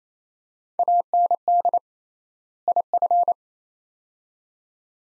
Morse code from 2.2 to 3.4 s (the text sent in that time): IF